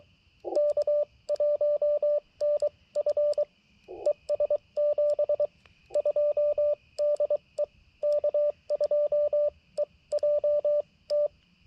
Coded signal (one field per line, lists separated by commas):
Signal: Morse code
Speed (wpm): 22 wpm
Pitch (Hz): 590 Hz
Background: radio noise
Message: K1NF ES 72 DE K2EJT